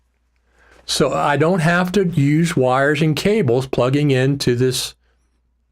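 A small USB-C wireless microphone receiver is handled near a phone's USB-C port, ready to be plugged directly into it, while someone talks throughout. Nothing has seated or clicked yet; the receiver is not yet home in the port.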